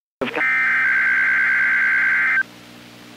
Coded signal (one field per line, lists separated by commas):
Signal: Emergency Alert System (SAME) tones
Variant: header bursts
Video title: 4-18-18 Required Weekly Tests (EAS #43 - #44)